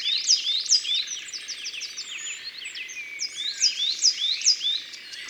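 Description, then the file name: Coal tit calls: many thin, high chirps and short rising notes in a rapid, overlapping stream. "Mesange noire"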